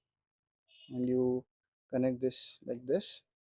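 Someone talks while handling the other end of a plastic throttle bypass harness connector, lining it up to push onto the mating connector on the motorcycle wiring. Only speech is heard, with no click. Nothing has seated or clicked yet.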